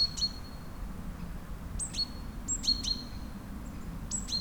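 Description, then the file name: Great tit call phrases, each a sharp high note followed by clipped lower notes, one at the start, then after a pause several in quick succession, faint low rumble beneath. "Parus major"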